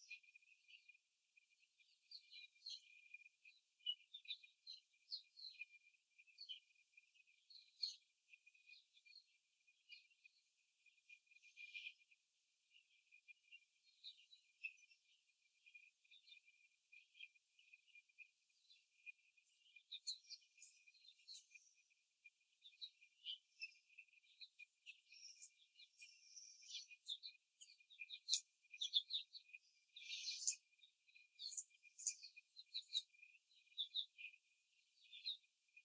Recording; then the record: young laying hens in a cage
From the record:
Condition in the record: before the stressor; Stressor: simulated dog barking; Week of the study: 3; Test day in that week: 2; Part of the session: 2